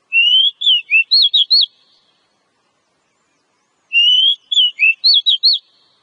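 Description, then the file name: Oriental magpie-robin song: the same phrase given twice, a rising whistle then a run of looping, bouncing notes, repeated after about two seconds of silence. Lure call for attracting birds. "suara kacer pikat"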